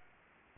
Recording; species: mosquito wingbeat signal from an infrared sensor; Anopheles gambiae